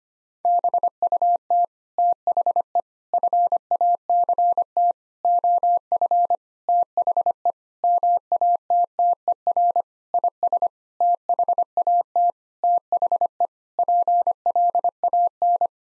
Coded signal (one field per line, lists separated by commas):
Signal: Morse code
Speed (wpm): 25 wpm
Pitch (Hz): 700 Hz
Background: none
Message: BUT THE FACT OF THE MATTER IS THAT THE PLAN